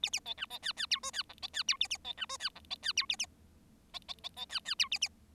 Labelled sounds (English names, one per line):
Bengalese Finch song